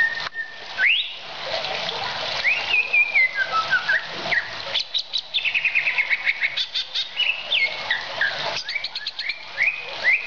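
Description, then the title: Oriental magpie-robin song of rich rising and falling whistles mixed with rapid chattering notes and short clicks, continuous and varied, over faint hiss. "Kicau Kacer"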